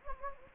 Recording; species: mosquito wingbeat signal from an infrared sensor; Anopheles gambiae